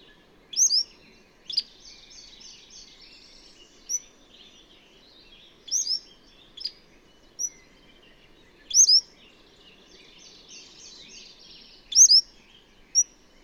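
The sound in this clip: Bird song: a bright chirp followed by a buzzy trilled phrase, repeated every few seconds, with quiet background hiss.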